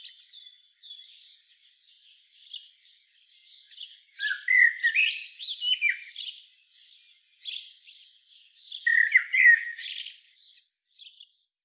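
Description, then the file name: Blackbird song: subdued chattering notes, then two louder, lower fluty warbles each tipped with high squeaks, roughly five seconds apart. "Turdus merula"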